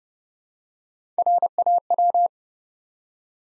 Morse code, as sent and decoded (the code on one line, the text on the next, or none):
.-. .- .--
RAW